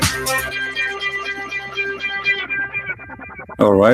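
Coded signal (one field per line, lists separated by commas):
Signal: none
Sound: music intro beeps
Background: speech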